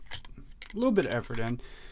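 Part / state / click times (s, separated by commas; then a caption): fixed blade knife into kydex sheath / not seated / none. A small fixed-blade knife is handled at its kydex sheath while someone talks, with a few faint sharp ticks early on. The clip ends before the knife goes home, so nothing has seated or clicked yet.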